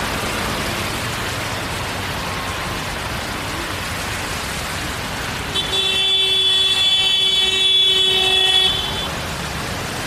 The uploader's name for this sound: Long Walk In The Rain Around The Neighborhood